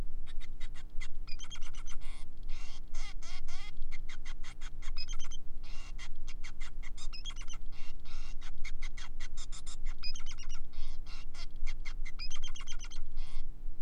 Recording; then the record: song of a male Bengalese finch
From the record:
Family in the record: son of father 5